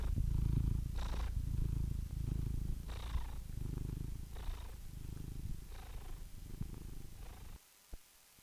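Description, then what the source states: Domestic cat purring steadily in deep pulsing cycles, with brief faint high squeaks recurring about every one to two seconds before the sound stops abruptly near the end. Meows of domestic cats from kittens to old cats, ranging from delicate, barely audible squeaks to full-throated meows.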